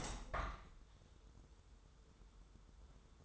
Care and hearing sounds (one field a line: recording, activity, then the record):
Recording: daily activity, microphone in the room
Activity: open window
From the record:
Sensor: 3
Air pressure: 995.8 hPa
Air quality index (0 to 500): 91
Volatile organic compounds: 10 ppm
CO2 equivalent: 2257 ppm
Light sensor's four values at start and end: 27/82/34/30 and 28/83/35/31